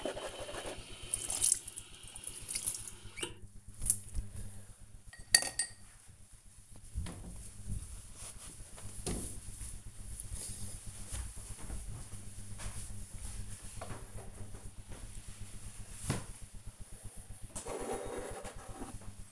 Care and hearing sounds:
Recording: household activities, microphone on the right wrist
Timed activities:
0.00-4.04 s: brushing teeth
18.16-19.32 s: drinking

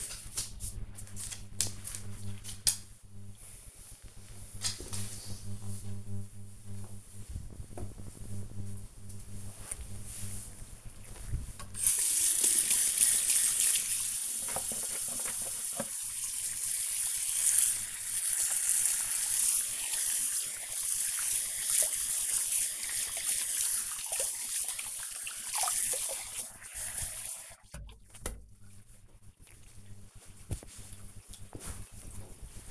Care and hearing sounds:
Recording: household activities, microphone on the right wrist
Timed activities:
10.61-27.79 s: washing hands

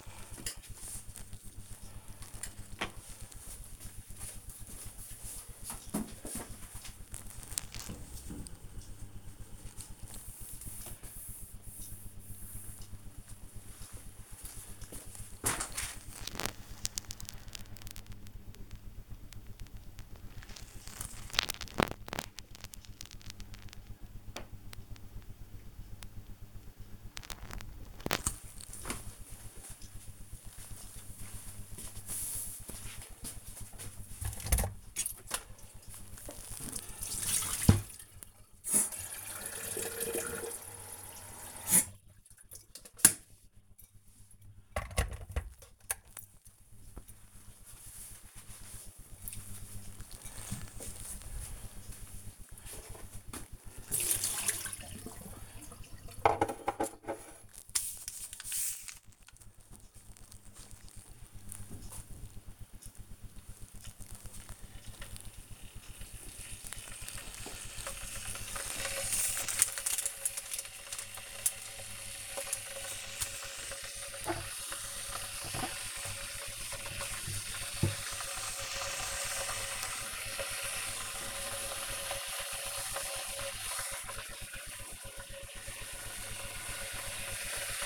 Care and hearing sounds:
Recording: household activities, microphone on the right wrist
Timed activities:
0.00-1.41 s: cutting vegetables
34.62-87.86 s: making tea

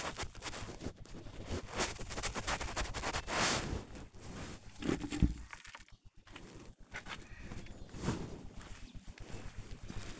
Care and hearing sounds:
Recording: household activities, microphone on the right wrist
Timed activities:
0.00-10.20 s: working in the garden

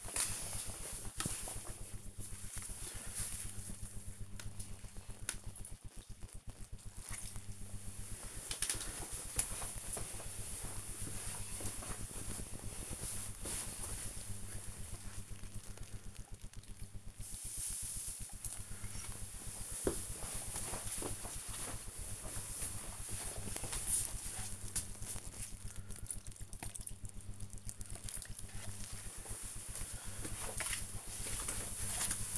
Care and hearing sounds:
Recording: household activities, microphone on the right wrist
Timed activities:
0.00-28.30 s: watering plant

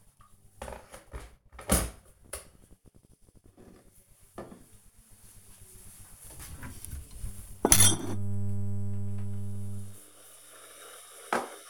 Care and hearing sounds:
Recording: household activities, microphone on the right wrist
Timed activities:
0.00-11.70 s: making tea

